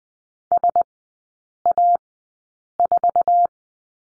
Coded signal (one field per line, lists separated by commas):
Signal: Morse code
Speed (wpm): 20 wpm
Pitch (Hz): 700 Hz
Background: none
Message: SA4